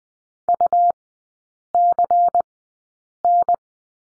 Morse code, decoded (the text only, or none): UCN